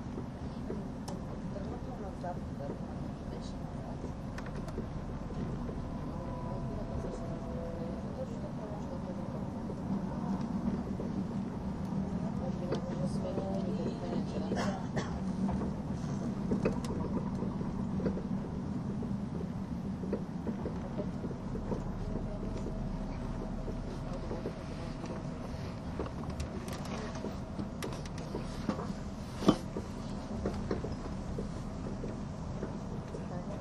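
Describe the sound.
A train runs along the Gotthard base tunnel route with a steady low rumble that fills the whole stretch, swelling slightly between about ten and eighteen seconds. Faint voices murmur underneath, and scattered clicks and knocks come through, with a sharp tick near twenty-nine seconds.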